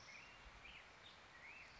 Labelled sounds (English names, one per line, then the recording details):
Black-headed Grosbeak
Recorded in Sonoma County, California